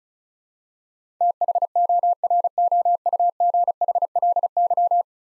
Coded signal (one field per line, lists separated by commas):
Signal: Morse code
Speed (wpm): 34 wpm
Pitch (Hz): 700 Hz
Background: none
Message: THOROUGHLY